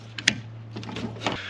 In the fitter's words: it clicks back in over there